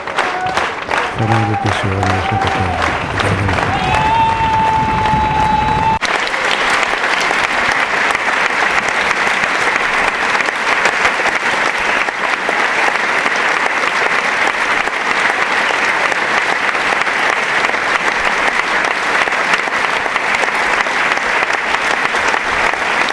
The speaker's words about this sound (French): Alors, peu à peu, comme chaque jour, la foule monte et la foule se met debout, là, c'est une standing ovation, comme on dit.